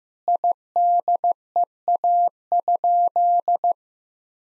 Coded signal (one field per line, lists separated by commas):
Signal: Morse code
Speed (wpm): 16 wpm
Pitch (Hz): 700 Hz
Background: none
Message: IDEA?